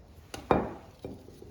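A second new metal brake pad abutment clip is pressed into the other side of the rear caliper bracket on a 2019 Honda CR-V (5th generation). After a light tap at 0.3 s, a sharp metallic snap rings out at 0.5 s and decays, followed by a fainter tap at 1.1 s. The clip snaps into place and is seated.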